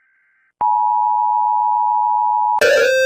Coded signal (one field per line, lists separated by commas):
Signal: Emergency Alert System (SAME) tones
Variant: 853 and 960 Hz attention tone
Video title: Vigeopu #country#eas